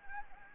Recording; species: mosquito wingbeat signal from an infrared sensor; Anopheles gambiae